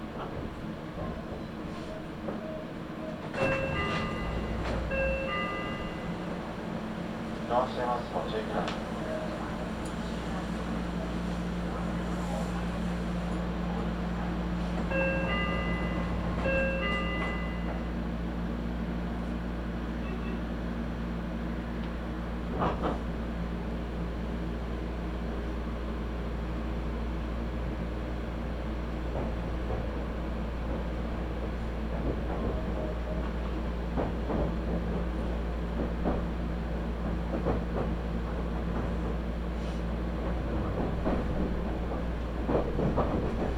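Interior of a Meitetsu Nishio Line train, with a steady low rumble and hum throughout after a jump in level near 4 seconds. Short chime-like tones sound around 4 and 16 seconds, and scattered clicks and clunks from the rails recur across the ride.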